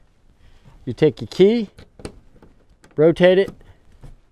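Someone talks while handling the key lock cylinder on a rolling truck bed tonneau cover, turning the key to lock it, with a few faint, short handling ticks between the words. The clip ends before the lock clicks, so nothing has seated or clicked yet.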